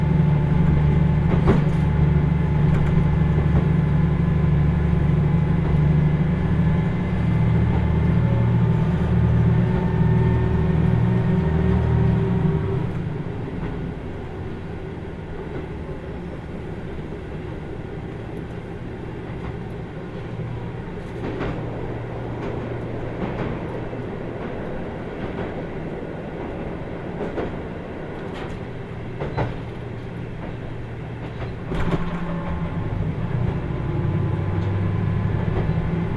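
A Kyushu Odan limited express train runs on the Hohi Main Line from Tateno toward Miyaji. A heavy, droning engine roar with slowly rising whine fills the first thirteen seconds, then eases into a softer, steady rumble with scattered clicks and thumps before the drone returns near the end.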